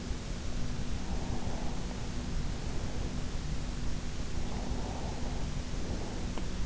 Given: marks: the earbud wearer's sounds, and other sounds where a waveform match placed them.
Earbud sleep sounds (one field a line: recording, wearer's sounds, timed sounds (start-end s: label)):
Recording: sounds in sleep by an in-ear microphone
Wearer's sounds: breath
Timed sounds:
1.04-3.15 s: breath
4.46-6.44 s: breath